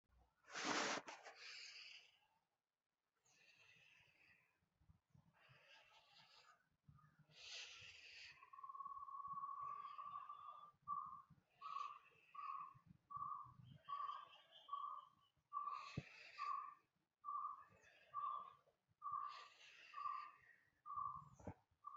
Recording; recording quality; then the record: deep breathing; moderate, slight background noise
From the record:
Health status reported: healthy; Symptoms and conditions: none ticked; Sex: male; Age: 23 years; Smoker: not ticked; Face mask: not worn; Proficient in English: yes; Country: India